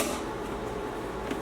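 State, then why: Not seated. A plastic shoe box panel corner is handled against the shoe box frame, giving soft rustling and handling noise with a brief faint tick near 1.3 seconds. Nothing has seated or clicked into place yet.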